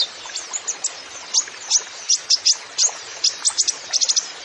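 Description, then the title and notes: Van Hasselt's sunbird song: high, sharp chirps in quick irregular bursts, several clipped notes clustered near the end. Masteran recording for training songbirds; actively singing (gacor) bird with full fills (isian) and shots (tembakan). "MASTERAN KOLIBRI NINJA FULL ISIAN DAN TEMBAKAN COCOK BUAT PANCINGAN. Suara Burung Kolibri Ninja Gacor"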